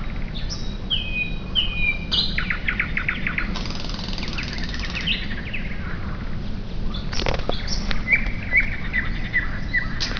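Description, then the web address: Nightingale song mixing clear whistles, rapid rattles and sharp clicks in quick changing phrases, with constant low background rumble. Nerskaya, 29 May 2005. "2005 29 05 05 Nerskaya solovey"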